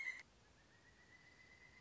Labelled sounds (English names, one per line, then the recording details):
Pileated Woodpecker
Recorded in Sonoma County, California